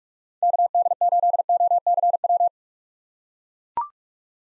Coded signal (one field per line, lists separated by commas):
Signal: Morse code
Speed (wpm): 41 wpm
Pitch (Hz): 700 Hz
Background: none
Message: KD8OCW